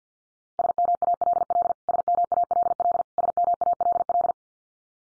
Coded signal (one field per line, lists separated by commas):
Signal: Morse code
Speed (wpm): 50 wpm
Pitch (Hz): 700 Hz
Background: none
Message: SMALL SMALL SMALL